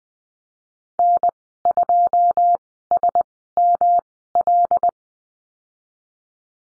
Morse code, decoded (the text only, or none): N2SML